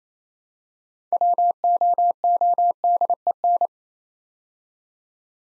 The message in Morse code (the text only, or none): WOODEN